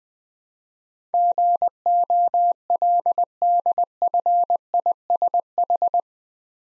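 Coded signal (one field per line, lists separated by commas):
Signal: Morse code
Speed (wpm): 20 wpm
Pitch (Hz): 700 Hz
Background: none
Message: GOLDFISH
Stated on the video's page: Morse code practice set at 20 wpm of easy words with contextual hints.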